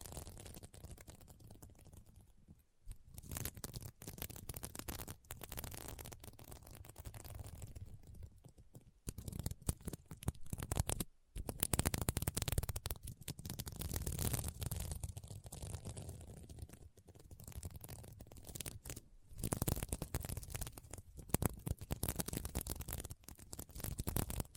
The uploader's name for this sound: SequinMermaid Pillow Scratching Sounds